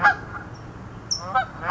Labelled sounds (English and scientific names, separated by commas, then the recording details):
California Towhee (Melozone crissalis)
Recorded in Sonoma County, California